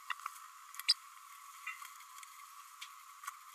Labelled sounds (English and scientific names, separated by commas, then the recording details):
Green-rumped Parrotlet (Forpus passerinus) babbling
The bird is a female
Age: 27 days
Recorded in a nest box in Venezuela
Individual 17B32A5